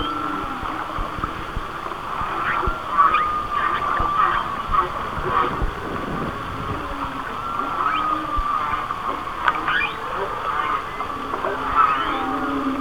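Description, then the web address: Whale song heard faintly through a dense hiss, with soft moans, brief rising squeals and scattered clicks. "Natures Songs Whale Songs Whale Songs"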